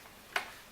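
A motorcycle helmet visor is refitted onto its side pivot mount and pushed back until it seats. A single sharp click is heard at 0.4 s, followed by a brief fading tail, and the visor is confirmed on. No one talks.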